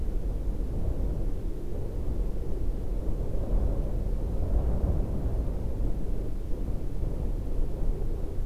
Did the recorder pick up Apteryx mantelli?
no